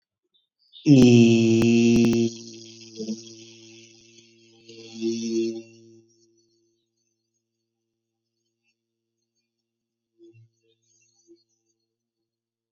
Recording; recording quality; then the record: sustained vowel as in beet; excellent, no background noise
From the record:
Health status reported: exposed to COVID-19, no respiratory illness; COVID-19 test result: negative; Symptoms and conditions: cough, sore throat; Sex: male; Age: 40 years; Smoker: not ticked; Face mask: not worn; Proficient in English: yes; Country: India